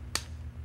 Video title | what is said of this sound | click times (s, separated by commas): BagEasy® Manual Resuscitator | when you do that you should hear the snap | 0.2 s